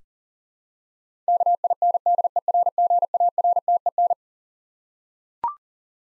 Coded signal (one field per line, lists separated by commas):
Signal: Morse code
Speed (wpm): 40 wpm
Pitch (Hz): 700 Hz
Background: none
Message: KINDERGARTEN